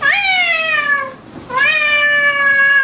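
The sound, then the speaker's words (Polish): A black cat meows twice in a row, two long, loud, drawn-out cries with a brief pause between them, each one sliding slightly downward in pitch as it fades. “A najlepiej skrzyżować dwa palce i w ten sposób tego pecha przed czarnym kotem odegnać.”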